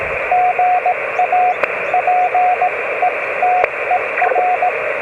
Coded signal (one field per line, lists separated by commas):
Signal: Morse code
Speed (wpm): 18 wpm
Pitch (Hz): 730 Hz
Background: radio noise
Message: GA PETER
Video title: My first POTA (Parks On The Air) activation